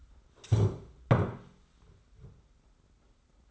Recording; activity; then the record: daily activity, microphone in the room; stand up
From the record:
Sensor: 3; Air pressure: 991.6 hPa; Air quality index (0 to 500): 165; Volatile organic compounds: 1000 ppm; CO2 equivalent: 5455 ppm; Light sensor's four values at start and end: 35/99/40/35 and 35/100/41/35